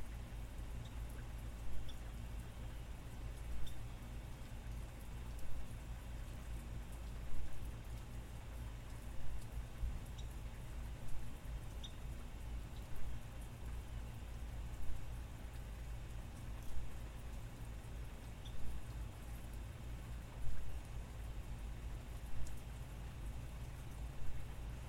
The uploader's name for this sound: Soothing Rain Sounds